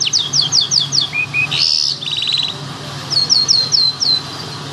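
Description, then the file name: Bimaculated lark delivering a rapid string of high downslurred notes, a buzzy burst and a dry rattle, then another quick run of falling notes. "sound black bimaculated lark"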